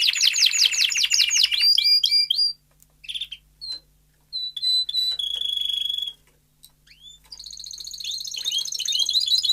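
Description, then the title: Domestic canary song, a fast trill, then scattered short whistles and chirps with gaps of silence, resuming in a rapid high trill. Male Belgian canary singing a lot, for training and warming up young canaries. "Canary Training Esquente Seu Filhote E Canario Belga Macho Cantando Muito"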